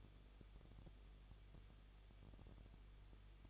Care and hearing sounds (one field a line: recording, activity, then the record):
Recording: daily activity, microphone in the room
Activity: no activity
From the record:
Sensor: 4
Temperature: 23.0 degrees Celsius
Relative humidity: 34.0%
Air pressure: 1007.4 hPa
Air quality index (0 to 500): 214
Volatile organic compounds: 14 ppm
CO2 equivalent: 2460 ppm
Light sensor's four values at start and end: 2/3/1/1 and 2/3/1/1